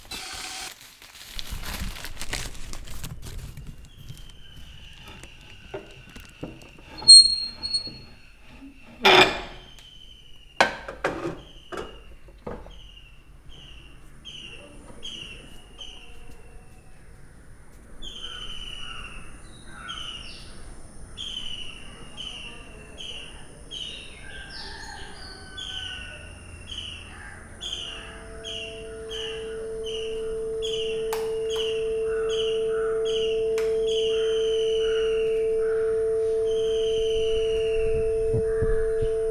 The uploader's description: the forest in south India where I wake up to a handful of bird conversations